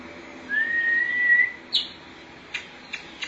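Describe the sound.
Oriental magpie-robin song, one long steady whistled note that climbs gently, then a few short sharp clicks and chips.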